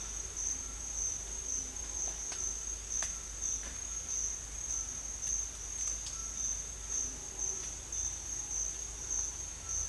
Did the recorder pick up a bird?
no